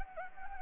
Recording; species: mosquito wingbeat signal from an infrared sensor; Anopheles gambiae